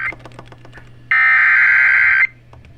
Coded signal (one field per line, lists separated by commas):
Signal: Emergency Alert System (SAME) tones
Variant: header bursts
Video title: EAS 345- SVR on WXJ53 and WAKL